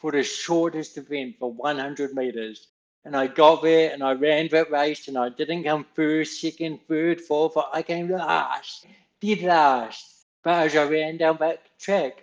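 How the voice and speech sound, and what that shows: Adult male speaker with dysarthria from cerebral palsy present since birth, telling a story in connected speech. Voice around 155 Hz with slightly limited pitch variation, frequent pauses between phrases. He sounds like this all the time.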